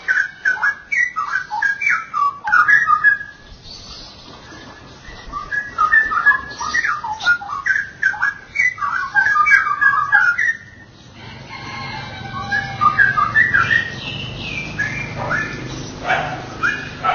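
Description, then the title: Oriental magpie-robin song, quick clusters of sweet whistled notes for about ten seconds, then a noisier stretch with softer, scattered whistles. "Kicau Kacer"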